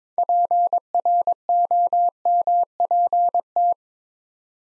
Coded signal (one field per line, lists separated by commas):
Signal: Morse code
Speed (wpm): 22 wpm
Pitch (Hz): 700 Hz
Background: none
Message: PROMPT